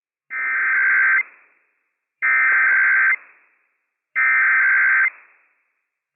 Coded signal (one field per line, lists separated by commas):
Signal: Emergency Alert System (SAME) tones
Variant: header bursts